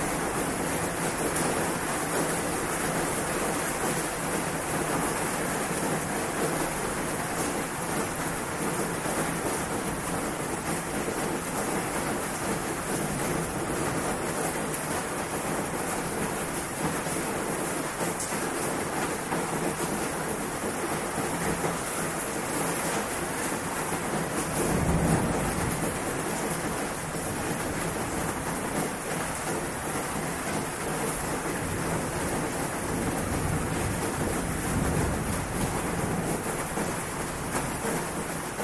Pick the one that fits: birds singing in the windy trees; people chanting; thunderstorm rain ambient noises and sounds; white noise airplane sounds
thunderstorm rain ambient noises and sounds